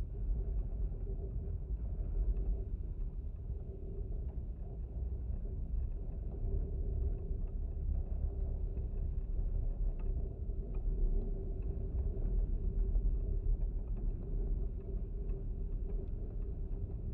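Wind pushes through a fence held together by twisted metal wire, making a steady, dense low rumble with no breaks. A faint sustained hum runs through the middle, and small ticks and taps come irregularly, clustering around ten to thirteen seconds.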